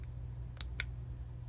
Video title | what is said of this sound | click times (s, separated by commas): Smith & Wesson K22 Masterpiece - Pre Model 17 | It actually clicks in like as if there's a resistance fit, and if you look in there, | 0.6 s